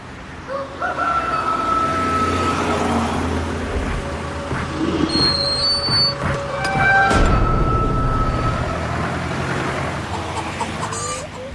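A rooster named Antoś crows loudly in a henhouse over a steady chorus of clucking hens, with sustained high harmonic calls rising and falling amid dense, continuous barnyard chatter and no talking.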